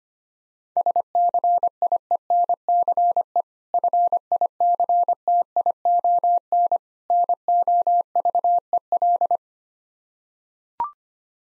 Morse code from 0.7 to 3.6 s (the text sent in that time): SCIENCE